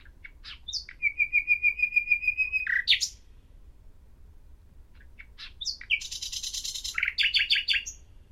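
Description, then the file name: Common nightingale song with a long steady whistled trill of rapid notes, a pause, then a harsher buzzy phrase followed by quick repeated chips. "Luscinia megarhynchos"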